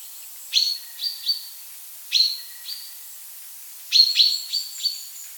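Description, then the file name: Common chaffinch calls: sharp, high notes that drop quickly into short level tones, given in small groups with pauses, over a faint thin whistle. "buchfinke"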